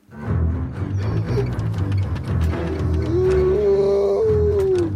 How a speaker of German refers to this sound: Heulten Wölfe durch die Nacht.